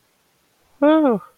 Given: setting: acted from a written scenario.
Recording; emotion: vocal sound without words; interest